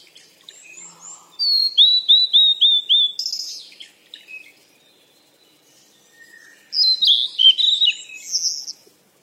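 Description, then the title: Bird chirping: a series of clear falling notes, a quiet gap, then a loud burst of rapid twittering. "鸟儿喳喳"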